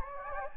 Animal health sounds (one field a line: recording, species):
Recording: mosquito wingbeat signal from an infrared sensor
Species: Anopheles gambiae